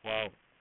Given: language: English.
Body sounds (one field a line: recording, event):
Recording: throat vibration sensor signal played as sound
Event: speech